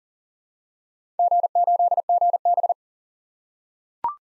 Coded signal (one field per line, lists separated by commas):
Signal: Morse code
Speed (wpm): 42 wpm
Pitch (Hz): 700 Hz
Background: none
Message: G8GB